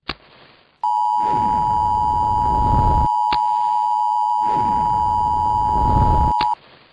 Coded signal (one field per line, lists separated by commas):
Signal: Emergency Alert System (SAME) tones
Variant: 853 and 960 Hz attention tone